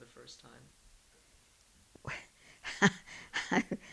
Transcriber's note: she laughs